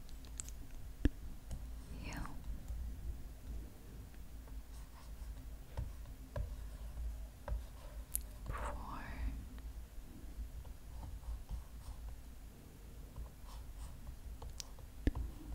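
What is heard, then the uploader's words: Makeup is applied with soft brushing and tapping strokes, scratchy swipes that come in short bursts around two and nine seconds. Sharp little ticks and taps land irregularly throughout, and a low steady hum sits underneath the whole time. Makeup Application on Tablet.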